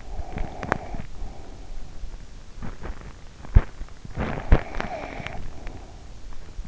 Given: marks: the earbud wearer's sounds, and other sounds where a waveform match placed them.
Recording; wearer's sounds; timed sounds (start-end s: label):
sounds in sleep by an in-ear microphone; breath, teeth grinding, snoring breath
0.00-2.19 s: breath
0.19-1.23 s: teeth grinding
2.47-6.40 s: teeth grinding
4.21-6.19 s: snoring breath